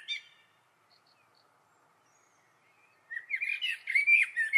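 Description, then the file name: Eurasian blackbird: a short note, a quiet pause, then a rich warbled whistling phrase. "Turdus merula"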